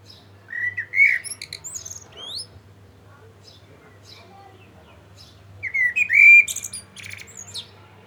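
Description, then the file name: Common blackbird delivers two short song phrases a few seconds apart, rich whistled notes giving way to high, thin squeaks. "Turdus merula"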